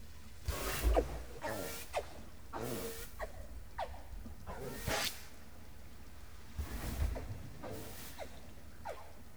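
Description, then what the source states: Dolphin sounds: creaky, rasping bursts spread across a wide range, repeated at irregular intervals of about a second. Dolphin named Delle; underwater listening equipment placed in the Baltic Sea.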